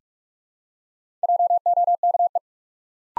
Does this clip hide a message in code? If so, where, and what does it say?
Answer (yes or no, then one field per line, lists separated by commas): yes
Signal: Morse code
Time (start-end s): 1.2-2.4 s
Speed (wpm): 44 wpm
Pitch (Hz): 700 Hz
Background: none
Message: JOKE